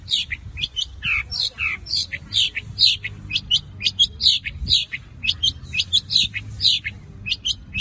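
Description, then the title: Long-tailed shrike song: varied, high twittering phrases of slurred, falling and rising notes, repeated in a lively and fairly continuous stream. Song style called kombinasi (combination). "Cendet Kombinasi"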